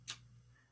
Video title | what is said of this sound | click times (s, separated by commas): Everything You Need to Know to Fly PowerUp 4.0 — Smartphone-Controlled Paper Airplanes! | when you hear that click you know that you're properly connected | 0.1 s